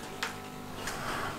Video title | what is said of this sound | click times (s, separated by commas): Vlog du 28 décembre : Il reçoit ses cadeaux...un homme heureux !! | ça se clipse à l'intérieur | 0.2 s